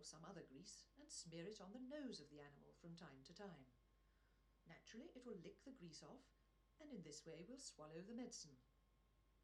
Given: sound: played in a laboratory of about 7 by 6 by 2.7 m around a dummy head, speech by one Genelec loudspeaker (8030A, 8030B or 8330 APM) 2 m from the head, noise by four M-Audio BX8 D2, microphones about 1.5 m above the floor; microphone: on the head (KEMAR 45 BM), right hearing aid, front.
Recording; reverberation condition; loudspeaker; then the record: female speech in English; low; 150 degrees to the right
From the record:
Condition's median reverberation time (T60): about 310 ms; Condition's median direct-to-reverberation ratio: about 3.5 dB